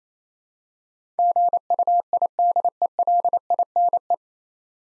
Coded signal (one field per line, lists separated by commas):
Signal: Morse code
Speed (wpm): 28 wpm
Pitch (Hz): 700 Hz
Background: none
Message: GUIDELINE